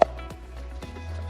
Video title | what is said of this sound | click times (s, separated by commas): Volvo Oil Change Overview VEA 2.0L Engine T5 T6 T8 XC60 S60 V60 S90 V90 XC90 2016 and newer models | And it does snap into place. | 0.0 s